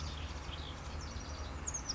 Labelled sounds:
Oak Titmouse
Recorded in Sonoma County, California

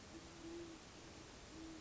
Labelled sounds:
Great Horned Owl
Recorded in Sonoma County, California

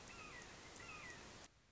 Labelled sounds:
Red-shouldered Hawk
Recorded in Sonoma County, California

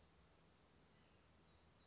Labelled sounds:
Western Flycatcher
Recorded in Sonoma County, California

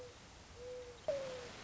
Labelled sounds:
Mourning Dove
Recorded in Sonoma County, California

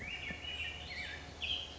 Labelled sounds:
Swainson's Thrush
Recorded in Sonoma County, California

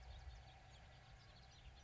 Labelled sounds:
House Finch
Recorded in Sonoma County, California

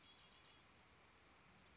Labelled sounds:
Red-winged Blackbird
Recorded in Sonoma County, California

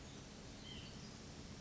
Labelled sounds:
White-breasted Nuthatch
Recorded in Sonoma County, California

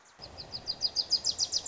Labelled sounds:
Wilson's Warbler
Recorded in Sonoma County, California

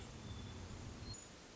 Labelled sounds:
Hermit Thrush
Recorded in Sonoma County, California

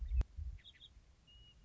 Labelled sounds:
Western Meadowlark
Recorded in Sonoma County, California

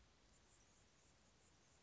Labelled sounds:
Anna's Hummingbird
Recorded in Sonoma County, California

